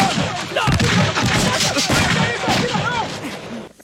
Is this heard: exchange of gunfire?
yes